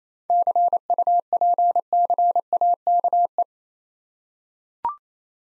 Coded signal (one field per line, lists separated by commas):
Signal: Morse code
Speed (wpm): 29 wpm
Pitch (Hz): 700 Hz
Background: none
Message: CUPCAKE